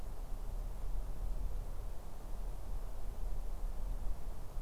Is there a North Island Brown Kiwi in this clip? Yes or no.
no